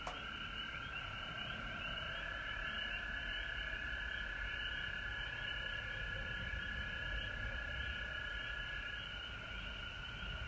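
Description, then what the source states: Frog chorus, a loud sustained tone with rapid trills above, unbroken over background rumble. Recorded at home in Georgia on March 19, 2020.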